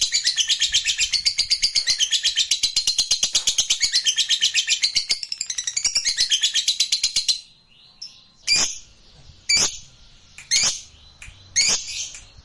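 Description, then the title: Lovebird chattering song: a fast, buzzy, high-pitched rattle runs for about seven seconds, then gives way to several separate sharp chirps spaced about a second apart. Fighter lovebird described as gacor, singing energetically. "Berkat SUARA Lovebird FIGHTER GACOR Ini"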